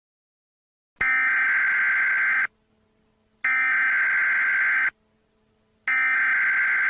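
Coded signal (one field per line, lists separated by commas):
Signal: Emergency Alert System (SAME) tones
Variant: header bursts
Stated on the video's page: Fictional Halloween EAS scenario; simulated alert.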